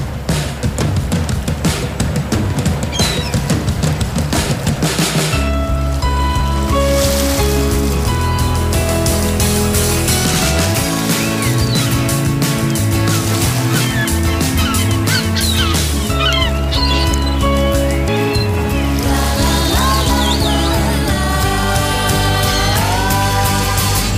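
A bright musical intro with sustained harmonic tones, layered with loud bird calls and a steady wash of flowing water running beneath the melody throughout.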